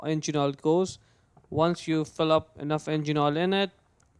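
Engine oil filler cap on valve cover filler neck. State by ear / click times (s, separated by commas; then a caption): not seated / none. Someone talks while handling the plastic engine oil filler cap on the valve cover filler neck of a 2013-2018 Hyundai Santa Fe, which takes 5W30 oil. The cap is being brought to the neck to be twisted on after filling, but the clip ends before it goes home, and nothing has seated or clicked yet.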